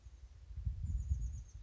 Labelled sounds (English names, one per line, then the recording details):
Chestnut-backed Chickadee
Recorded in Sonoma County, California